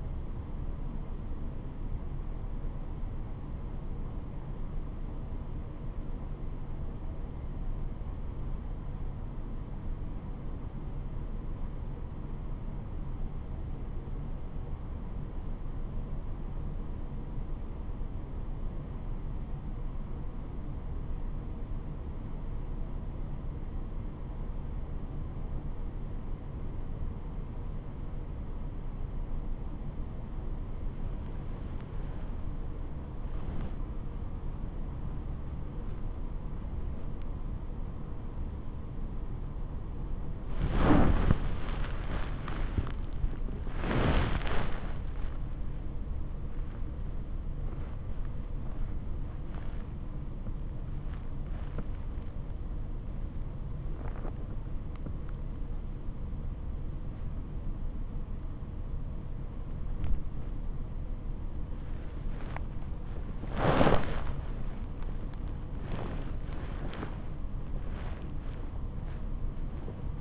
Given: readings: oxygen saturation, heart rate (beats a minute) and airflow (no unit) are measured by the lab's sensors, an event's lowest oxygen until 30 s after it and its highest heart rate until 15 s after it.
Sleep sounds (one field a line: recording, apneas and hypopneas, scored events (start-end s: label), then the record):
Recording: a person awake in a sleep study, by a smartphone at the bedside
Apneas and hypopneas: none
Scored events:
0.00-70.21 s: awake
From the record:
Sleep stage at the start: awake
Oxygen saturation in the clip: 93 to 96%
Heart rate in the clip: 72 to 91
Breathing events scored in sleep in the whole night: 426 in 7.4 hours asleep